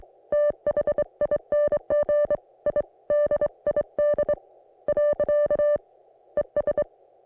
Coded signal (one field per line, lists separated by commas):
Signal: Morse code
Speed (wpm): 25 wpm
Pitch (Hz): 590 Hz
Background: music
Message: THING I DID . ES